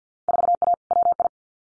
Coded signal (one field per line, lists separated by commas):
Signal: Morse code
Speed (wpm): 50 wpm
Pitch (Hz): 700 Hz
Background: none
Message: 4A WI